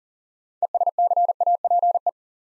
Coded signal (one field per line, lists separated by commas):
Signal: Morse code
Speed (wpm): 39 wpm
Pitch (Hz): 700 Hz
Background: none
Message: ESCAPE